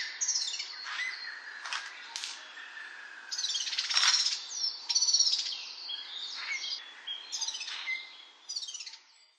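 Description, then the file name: Asian brown flycatcher singing a varied jumble of thin, high chirps and sharp twittering notes, with short pauses between phrases and soft background noise. Recorded on 6 June 2010 at Nasushiobara. "kosamebitaki nasusiobara"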